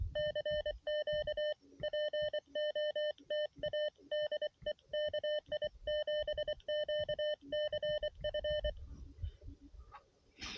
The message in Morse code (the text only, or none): CQ POTA DE KI7QCF